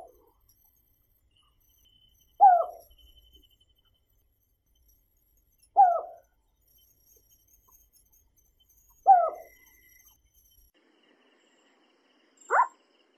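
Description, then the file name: Collared scops owl giving short, soft, downward-inflected hoots about every three seconds, then a brief, sharper final note; otherwise quiet. "Krik sovy - Oshejnikovaya sovka"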